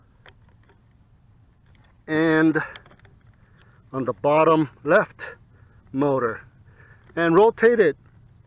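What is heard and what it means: A plastic quick-release propeller is being pushed onto the bottom left motor of a Potensic Dreamer 4K drone and rotated to lock it. Someone talks over a low background hum, with a few faint ticks of handling early on. Nothing has seated or clicked into place yet.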